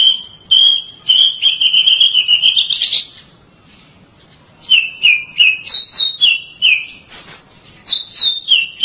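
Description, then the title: Oriental magpie-robin song: a run of loud whistled notes sliding upward, a pause of nearly two seconds, then clear two-part whistles falling from high to lower pitch. "Suara Kicauan Burung Kacer"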